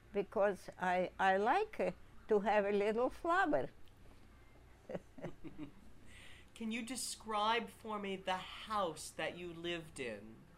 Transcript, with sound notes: because I — I like to have a little flower. [chuckles]
Can you describe for me the house that you lived in?